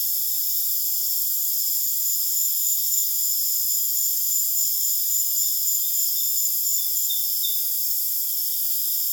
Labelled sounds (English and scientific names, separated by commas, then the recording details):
none
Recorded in dense forest near Puerto Asís, Putumayo, Colombia, on 22 June 2025 at 19:30
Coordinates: 0.484, -76.325
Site H65